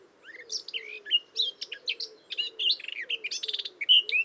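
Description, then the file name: Eurasian blackcap warbling continuously, mixing scratchy notes, quick trills and clear whistles, while low soft hoots repeat steadily underneath. "Sylvia atricapilla"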